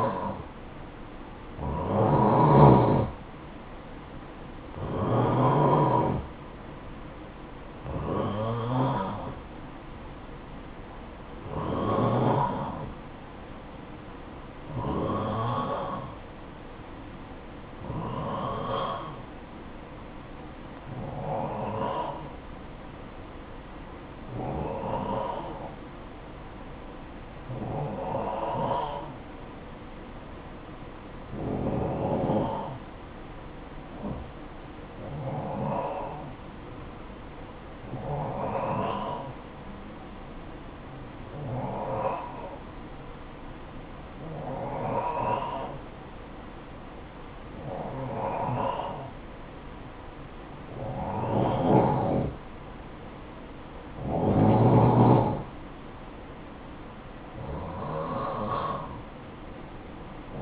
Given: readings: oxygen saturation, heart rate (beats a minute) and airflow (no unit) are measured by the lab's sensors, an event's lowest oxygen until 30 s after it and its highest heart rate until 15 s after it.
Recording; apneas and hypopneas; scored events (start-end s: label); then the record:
breathing in sleep by a voice recorder at the bedside; 1
22.00-52.90 s: hypopnea (N1, oxygen 93% highest, then 90% lowest, heart rate 57 at the start, 61 highest)
From the record:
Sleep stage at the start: N1 (lightest sleep); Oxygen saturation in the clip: 88 to 93%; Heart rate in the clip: 54 to 62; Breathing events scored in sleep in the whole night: 573 in 9.8 hours asleep